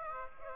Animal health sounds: mosquito wingbeat signal from an infrared sensor; Aedes aegypti

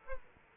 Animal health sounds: mosquito wingbeat signal from an infrared sensor; Aedes aegypti

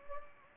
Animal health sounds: mosquito wingbeat signal from an infrared sensor; Anopheles gambiae

